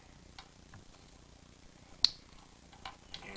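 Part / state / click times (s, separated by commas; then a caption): auto tuner harness plug into motorcycle fuel injector connector / seated / 2.1 s. The harness connector of a Cobra FI2000 auto tuner is plugged into the front-cylinder fuel injector connector on a Honda Fury motorcycle and pushed until it clicks into place. Against a quiet background with a few faint handling ticks, a sharp, very short click sounds at 2.1 s. The connector is seated.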